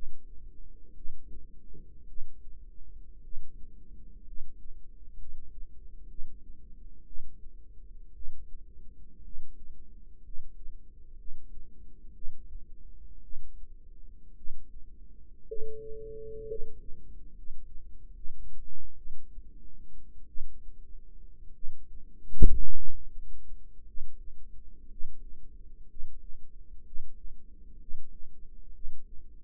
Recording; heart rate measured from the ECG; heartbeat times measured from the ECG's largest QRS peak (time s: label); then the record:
heart sounds by microphone in the right ear; 58 bpm
0.92 s: heartbeat
2.04 s: heartbeat
3.20 s: heartbeat
4.23 s: heartbeat
5.15 s: heartbeat
6.06 s: heartbeat
7.03 s: heartbeat
8.11 s: heartbeat
9.21 s: heartbeat
10.21 s: heartbeat
11.14 s: heartbeat
12.11 s: heartbeat
13.20 s: heartbeat
14.33 s: heartbeat
15.44 s: heartbeat
16.44 s: heartbeat
17.31 s: heartbeat
18.13 s: heartbeat
18.95 s: heartbeat
20.26 s: heartbeat
21.52 s: heartbeat
22.72 s: heartbeat
23.83 s: heartbeat
24.86 s: heartbeat
25.85 s: heartbeat
26.82 s: heartbeat
27.77 s: heartbeat
28.70 s: heartbeat
From the record:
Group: healthy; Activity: rest 0-26 s, Valsalva maneuver 26-29 s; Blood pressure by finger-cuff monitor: 141/68 mmHg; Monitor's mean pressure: 90 mmHg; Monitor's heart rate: 58 bpm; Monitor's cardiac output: 5.9 L/min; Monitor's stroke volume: 102 mL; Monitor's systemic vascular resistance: 1130 dyn s/cm5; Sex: male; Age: 25 years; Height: 170 cm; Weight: 70.4 kg